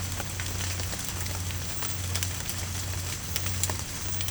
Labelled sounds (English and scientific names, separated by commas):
none